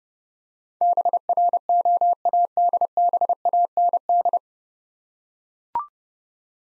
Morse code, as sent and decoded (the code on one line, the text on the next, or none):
-... .-. --- .- -.. -... .- -. -..
BROADBAND